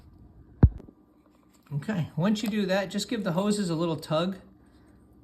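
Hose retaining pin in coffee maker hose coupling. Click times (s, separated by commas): 0.6 s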